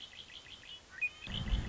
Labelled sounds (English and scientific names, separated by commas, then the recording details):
Red-winged Blackbird (Agelaius phoeniceus)
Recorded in Sonoma County, California